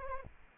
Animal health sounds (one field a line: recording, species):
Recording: mosquito wingbeat signal from an infrared sensor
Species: Anopheles arabiensis